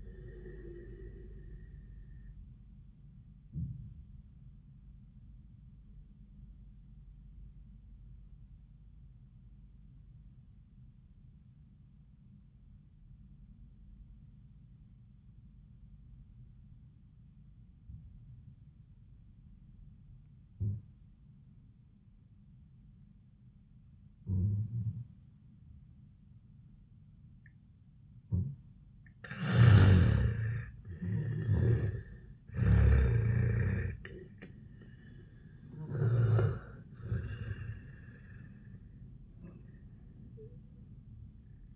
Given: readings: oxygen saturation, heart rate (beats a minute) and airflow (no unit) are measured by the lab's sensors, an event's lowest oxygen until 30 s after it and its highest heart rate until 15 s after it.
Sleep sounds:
breathing in sleep by a smartphone at the bedside; 1
4.00-30.20 s: obstructive apnea (N1, oxygen 96% highest, then 82% lowest)
14.00-41.76 s: new sleep stage, N2 (light sleep)
From the record:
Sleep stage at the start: N1 (lightest sleep); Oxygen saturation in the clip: 84 to 96%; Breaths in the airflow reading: 3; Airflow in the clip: -8.0 to 3.8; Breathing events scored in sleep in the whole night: 400 in 8.7 hours asleep

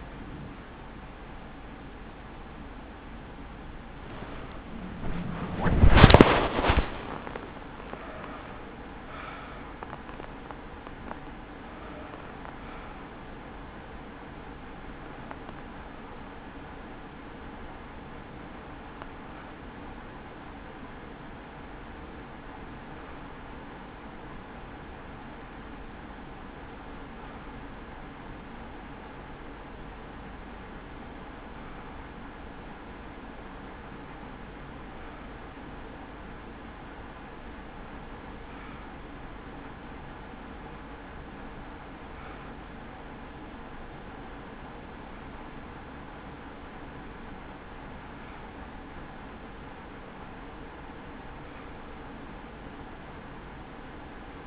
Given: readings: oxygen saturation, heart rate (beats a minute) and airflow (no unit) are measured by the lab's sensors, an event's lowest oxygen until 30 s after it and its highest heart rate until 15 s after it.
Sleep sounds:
breathing in sleep by a voice recorder at the bedside; 1
7.00-54.47 s: awake
11.00-45.30 s: hypopnea (scored as awake, oxygen 95% highest, then 90% lowest, heart rate 96 at the start, 100 highest)
26.00-54.47 s: new sleep stage, N1 (lightest sleep)
From the record:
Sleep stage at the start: awake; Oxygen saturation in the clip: 90 to 95%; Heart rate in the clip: 75 to 100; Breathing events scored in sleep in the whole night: 160 in 9.3 hours asleep

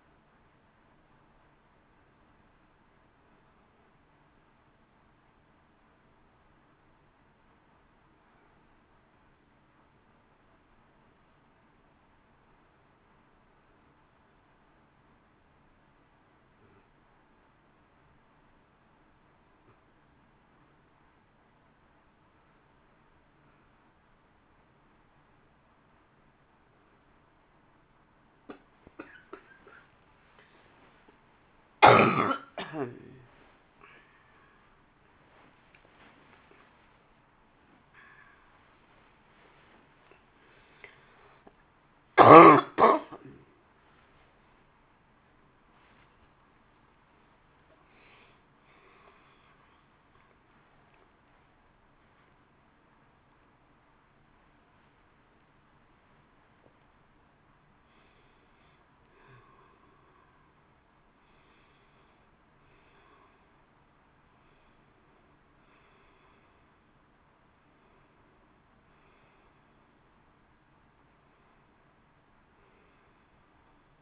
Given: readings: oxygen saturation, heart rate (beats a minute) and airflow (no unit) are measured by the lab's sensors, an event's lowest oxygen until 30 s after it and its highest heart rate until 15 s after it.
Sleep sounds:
a person awake in a sleep study, by a voice recorder at the bedside; 2
0.00-14.00 s: awake
4.00-30.00 s: hypopnea (scored as awake, oxygen 95% highest, then 89% lowest, heart rate 56 at the start, 83 highest)
10.00-40.00 s: new sleep stage, N1 (lightest sleep)
40.00-70.00 s: new sleep stage, awake
43.00-74.02 s: awake
46.00-58.20 s: hypopnea (scored as awake, oxygen 92% highest, then 88% lowest, heart rate 76 at the start, 78 highest)
70.00-74.02 s: new sleep stage, N1 (lightest sleep)
From the record:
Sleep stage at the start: awake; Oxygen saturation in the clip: 88 to 95%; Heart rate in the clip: 56 to 83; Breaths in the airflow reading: 11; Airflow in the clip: -8.8 to 11.9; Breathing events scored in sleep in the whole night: 328 in 6.3 hours asleep

